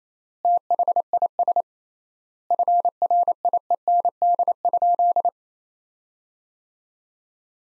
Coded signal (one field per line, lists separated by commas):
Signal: Morse code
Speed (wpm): 28 wpm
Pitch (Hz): 700 Hz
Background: none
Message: THIS FRIEND?